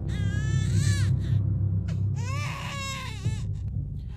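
An infant wails loudly in two long, high-pitched bursts with a short break between them, the cries rising and falling over a steady low rumble.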